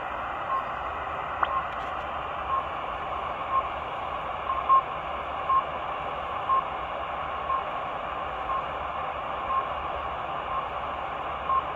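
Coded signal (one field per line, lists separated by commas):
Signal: radio time signal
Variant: RWM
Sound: short faint 1 kHz beeps roughly each second under steady hiss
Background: radio static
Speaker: now is the rwm time signal station out of moscow russia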